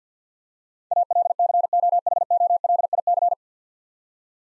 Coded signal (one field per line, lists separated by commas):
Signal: Morse code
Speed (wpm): 50 wpm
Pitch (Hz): 700 Hz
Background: none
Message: ALCOHOLIC